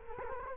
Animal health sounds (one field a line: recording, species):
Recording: mosquito wingbeat signal from an infrared sensor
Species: Culex quinquefasciatus